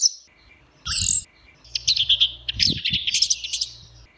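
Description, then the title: Bird song: a sharp high note, then a brief shrill burst and a run of rapid, buzzy chirps, with a few low thumps underneath. "SuaraBurung Kicau"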